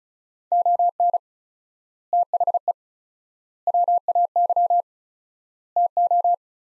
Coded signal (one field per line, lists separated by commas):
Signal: Morse code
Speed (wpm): 34 wpm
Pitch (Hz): 700 Hz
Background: none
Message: ON THE WAY TO